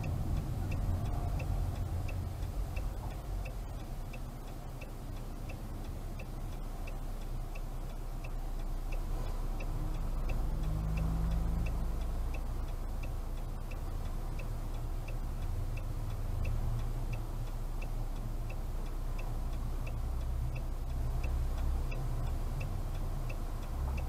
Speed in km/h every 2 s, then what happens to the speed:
13, 5, 5, 5, 5, 5, 5, 5, 5, 5, 5, 5.
0-2 brakes to 5. 2-24 steady at about 5.